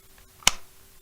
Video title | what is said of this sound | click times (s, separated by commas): Anaheim Man Taveonte Art Emmanuel Shot and Killed By Police Breakdown | you heard that click that means that this holster ain't this gun ain't coming out this holster until | 0.5 s